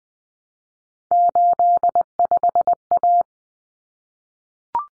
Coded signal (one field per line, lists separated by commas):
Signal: Morse code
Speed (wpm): 20 wpm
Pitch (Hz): 700 Hz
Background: none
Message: 85A